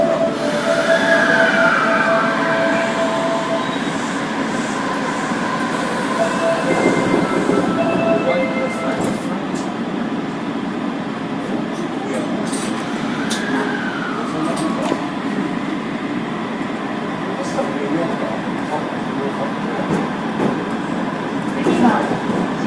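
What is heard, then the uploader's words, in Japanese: A subway train runs along the Imazatosuji line in Osaka, its low rumble steady and dense throughout. Rising and falling whines sweep up near the start and again around the thirteen-second mark, with scattered clicks and rattles from the wheels and car. 大阪市営地下鉄時代の今里筋線の全区間走行音。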